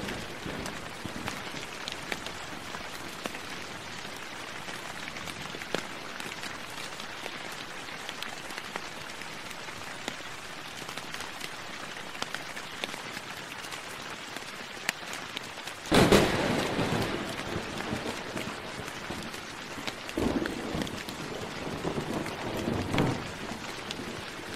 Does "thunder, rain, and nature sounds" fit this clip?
yes